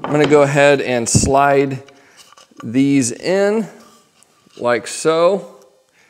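Plastic Tenso furniture connectors, made to snap into place rather than slide out, are being slid into the cut slots of a scrap demonstration wood panel while someone talks. Nothing has seated or clicked yet.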